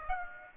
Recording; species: mosquito wingbeat signal from an infrared sensor; Aedes aegypti